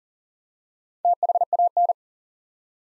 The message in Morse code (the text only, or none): THAN